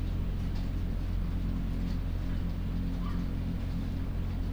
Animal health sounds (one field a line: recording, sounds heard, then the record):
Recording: poultry house recording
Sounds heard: sick chickens (respiratory disease)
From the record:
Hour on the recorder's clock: 0